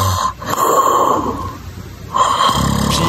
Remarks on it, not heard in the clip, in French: Je me suis fait enregistrer en train de ronfler il y a plusieurs mois.